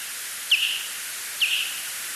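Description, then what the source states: Silver-haired bat echolocation calls: two short tonal pulses about a second apart over steady hiss. Recorded with a bat detector near towns in Montana; calls used like sonar to form a picture of surrounding space and objects and to find insect prey.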